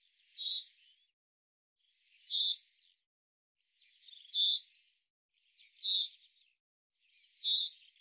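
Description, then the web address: Bird calls, short high chirpy notes with buzzy edges, given singly about every one and a half to two seconds against silence. "Deverinetal 2025 File cleaned normalized Bird Fr Co"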